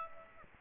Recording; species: mosquito wingbeat signal from an infrared sensor; Aedes aegypti